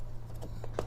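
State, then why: Not seated. A replacement heater relay circuit board is slid back into its plastic holder inside a Miele dishwasher during a repair for an F24 error code. A steady low hum runs throughout, with faint soft handling taps around 0.4, 0.65 and 0.8 seconds. Nothing has seated or clicked yet.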